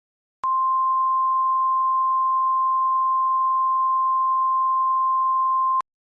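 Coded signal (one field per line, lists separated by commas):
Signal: Emergency Alert System (SAME) tones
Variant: 1050 Hz attention tone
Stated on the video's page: Fictional EAS scenario, a simulated alert.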